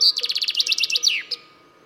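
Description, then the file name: Common chaffinch song: a quick run of bright chipping notes that drops into a short flourish, then one last separate note. "Fringilla coelebs"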